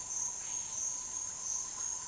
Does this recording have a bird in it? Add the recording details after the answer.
no. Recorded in dense forest near Puerto Asís, Putumayo, Colombia, on 25 June 2025 at 08:30. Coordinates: 0.466, -76.327. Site GP04